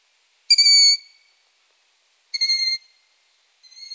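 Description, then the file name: Long-eared owl young making two squeaky half-second calls about two seconds apart, a third call starting at the end. Young long-eared owls (chicks) calling. "Asio-otus hlas-mláďat"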